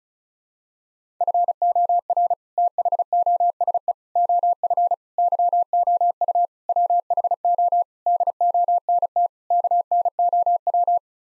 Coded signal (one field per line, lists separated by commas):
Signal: Morse code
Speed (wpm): 34 wpm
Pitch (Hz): 700 Hz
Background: none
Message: FOR THOSE OF YOU WHO DONT KNOW